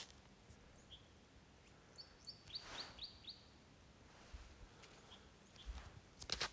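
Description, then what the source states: Bird calls: a brief cluster of thin, high chirps in the middle, partly overlapped by bursts of hissing noise, with a sharp noisy crackle near the end. Recorded 23 February 2025 at 15:39.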